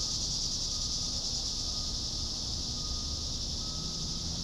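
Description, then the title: Cicada chorus, a continuous high shrill hiss-like buzz, over a low rumbling background noise. "neoscenes: cicadas"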